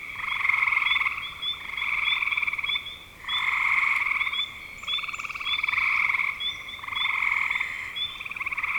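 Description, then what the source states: Frog chorus of pulsed trills in repeated bursts, punctuated by brief high chirping notes and short pauses. Spring 2025.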